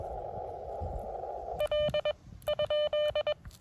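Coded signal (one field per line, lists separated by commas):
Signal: Morse code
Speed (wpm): 21 wpm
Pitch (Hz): 600 Hz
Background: none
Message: L ?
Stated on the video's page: CW park activation at a state park.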